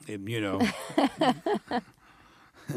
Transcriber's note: soundbite of laughter